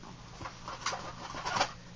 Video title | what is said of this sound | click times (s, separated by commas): TSD Tactical Law Enforcer Shotgun 92100A / SD1187 Airsoft Review | pressed until you hear a click | 0.9 s